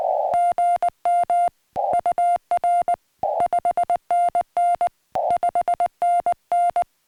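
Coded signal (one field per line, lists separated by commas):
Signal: Morse code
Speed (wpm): 19 wpm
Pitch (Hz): 700 Hz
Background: music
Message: GM UR 5NN 5NN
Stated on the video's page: Summits on the Air winter activation on a snowy Arizona summit.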